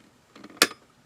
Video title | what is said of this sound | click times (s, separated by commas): Battle of the 5.7 Pistols: Ruger-57 vs PSA 57 Rock | Now Ruger suggests that we take our magazine and hit this button. And you'll hear it click, | 0.6 s